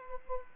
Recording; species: mosquito wingbeat signal from an infrared sensor; Culex quinquefasciatus